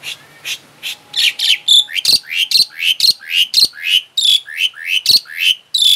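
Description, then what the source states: Asian pied starling delivering rapid repeated chirping notes, each a bright squeak with harsh overtones. Indonesian name Jalak Suren; labelled Suren Teler.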